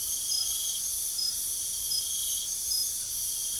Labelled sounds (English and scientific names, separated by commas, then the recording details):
none
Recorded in pastures near Puerto Asís, Putumayo, Colombia, on 9 March 2025 at 01:30
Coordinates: 0.497, -76.327
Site G072